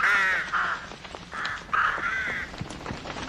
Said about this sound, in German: Lautes Gekrächze. Ein Schwarm Krähen, der plötzlich vom Himmel zu fallen schien.